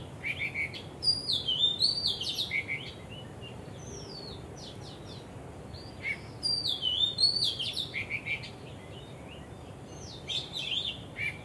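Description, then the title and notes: Bird singing twice in quick, high, slurred whistles about five seconds apart, with shorter chirps between. Birds singing vigorously at Wu Kai Sha, Hong Kong, on 15 December 2006; recorded with AKG condenser microphones in XY stereo. "香港 烏溪沙 雀鳥勁唱歌 Date: 15 December 2006"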